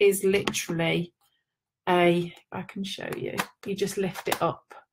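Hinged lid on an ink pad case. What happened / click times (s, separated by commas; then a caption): Handled, not yet home: the lid is lifted but has not locked / none. A woman talks while handling the plastic hinged lid of a stamp ink pad case, lifting it up so it can flip back and slide to lock open. Only speech is heard; nothing has seated or clicked yet.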